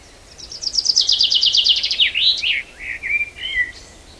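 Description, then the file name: Common chaffinch song, a complete phrase: bright repeated notes speeding up and dropping in pitch, then a brief flourish and a few lower trailing notes. "Fringilla coelebs"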